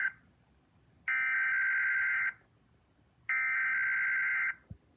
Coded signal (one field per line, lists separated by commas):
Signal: Emergency Alert System (SAME) tones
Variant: header bursts